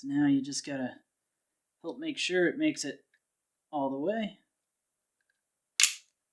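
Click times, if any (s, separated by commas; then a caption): 5.8 s. Someone talks while pushing a replacement slider-type axle shaft fully into its output cup on the driveline of a Team Associated Rival MT10 RC monster truck during an axle replacement. After a quiet pause, a single sharp click is heard at 5.8 s as the shaft snaps into place and seats in the cup.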